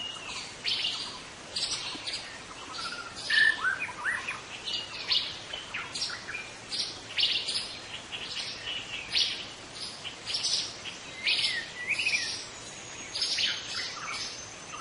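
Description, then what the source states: White-rumped shama singing a busy run of varied whistles, short high chips and rising notes in rapid succession, with constant background hiss throughout. Forest-dwelling white-rumped shama, locally called murai batu hutan.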